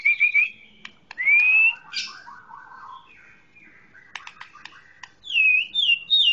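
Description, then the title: Oriental magpie-robin song with rising whistled slurs, buzzy scratchy notes and sharp clicks, in short broken phrases with brief pauses. Chirping song. "Kicau Kacer Durasi Panjang 1jam Lebih"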